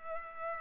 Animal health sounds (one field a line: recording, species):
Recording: mosquito wingbeat signal from an infrared sensor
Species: Culex pipiens